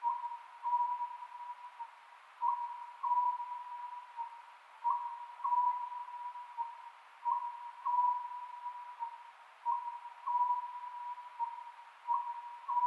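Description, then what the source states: Oriental scops owl giving short hooted phrases, each a brief higher note then longer lower ones, repeated regularly about every two and a half seconds; constant faint hiss behind. Recorded on 27 May 2010 at 22:21.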